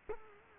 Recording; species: mosquito wingbeat signal from an infrared sensor; Culex quinquefasciatus